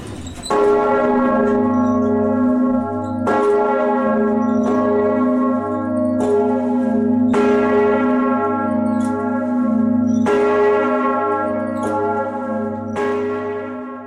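A heavy bell tolls about nine times at an unhurried, slightly uneven pace, each loud stroke blooming into a long, humming ring that overlaps the next. No voices are heard.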